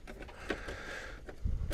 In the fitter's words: It clicks back in.